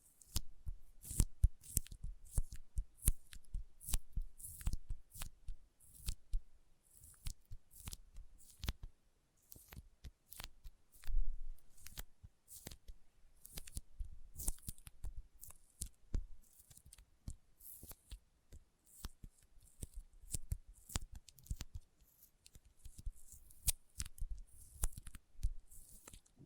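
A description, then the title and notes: Intense sticky finger sounds: a rapid, irregular stream of sharp tacky clicks and pops, like skin peeling off a gummy surface. The snaps come densely and unevenly for the whole span, some louder bursts around eleven seconds, with near silence between them. ASMR Intense Sticky Finger Sounds (No Talking).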